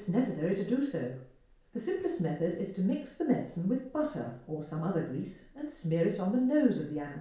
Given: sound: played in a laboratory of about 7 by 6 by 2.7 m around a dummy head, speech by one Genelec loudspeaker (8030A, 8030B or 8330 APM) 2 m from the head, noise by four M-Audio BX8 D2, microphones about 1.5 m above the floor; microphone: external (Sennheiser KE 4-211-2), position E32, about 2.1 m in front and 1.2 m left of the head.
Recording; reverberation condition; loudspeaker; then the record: female speech in English; medium; in front (0 degrees)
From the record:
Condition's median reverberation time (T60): about 510 ms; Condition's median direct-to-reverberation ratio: about -0.5 dB